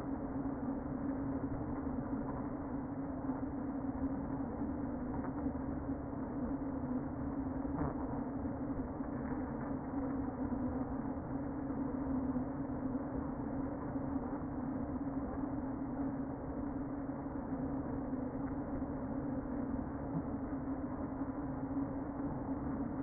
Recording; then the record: honeybee colony, microphone inside the hive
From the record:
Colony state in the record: queen present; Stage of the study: before two queens were removed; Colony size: about 60,000 bees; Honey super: yes